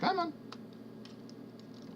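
Front tabs of a plastic transforming figure are being worked under the fender panels while changing it to vehicle mode, as someone talks at the start. Small plastic ticks and scrapes are heard around 0.5, 1.1, 1.3 and 1.6 seconds, but nothing has snapped into place yet.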